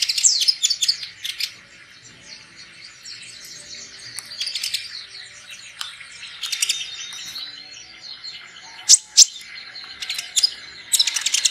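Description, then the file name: Sunbird calls: scattered bursts of sharp, very high chirps separated by softer twittering and thin slurred whistles in the background. Lure sound used to attract birds. "suara burung kolibri pikat"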